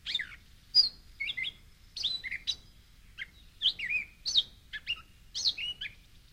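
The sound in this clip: Gray catbird song: a jumbled run of squeaky, mewing and chattering notes, each phrase different, broken by short pauses.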